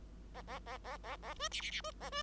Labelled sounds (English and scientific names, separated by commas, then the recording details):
Bengalese Finch (Lonchura striata domestica) song
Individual Bird5